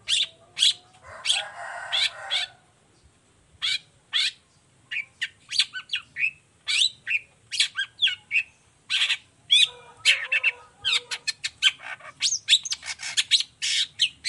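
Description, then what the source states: Long-tailed shrike song: rapid harsh, scratchy chattering notes in irregular bursts, broken by a short buzzy nasal phrase and a lower warbled passage. Long-tailed shrike in full song in the morning, with 'toet toet' notes, varied clear-voiced phrases; offered as a model for other shrikes to imitate.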